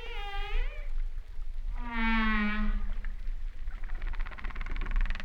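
Humpback whale song: a wavering harmonic moan that dips and rises, then a loud, steady low tone with a rich upper overtone stack, over constant low rumble.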